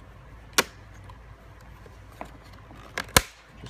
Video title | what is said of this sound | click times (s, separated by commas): Prius Gen2 dash Instrument cluster combination meter and MFD removal 2004-2009 | kind of snaps in place | 0.6 s, 3.0 s, 3.2 s